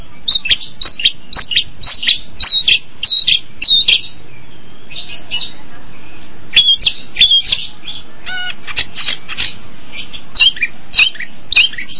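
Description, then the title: Long-tailed shrike song: fast jumbled high notes, a short pause, then a stacked rattling phrase and more varied chattering notes. Combination song (kombinasi) style. "Cendet Kombinasi"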